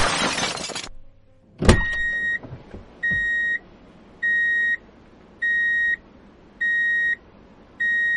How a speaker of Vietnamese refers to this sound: Tiếng còi xe y ngỏi, Trâm không nghe thấy nữa.